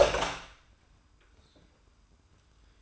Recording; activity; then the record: daily activity, microphone in the room; open door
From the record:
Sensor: 2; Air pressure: 990.2 hPa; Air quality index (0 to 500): 180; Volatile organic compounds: 1000 ppm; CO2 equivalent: 5702 ppm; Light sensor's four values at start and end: 34/80/33/33 and 34/80/33/33